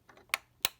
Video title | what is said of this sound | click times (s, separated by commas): Unboxing my NEW Brother Innovis NV1100 getting started | There we go, and that just clicks into place there. | 0.3 s, 0.6 s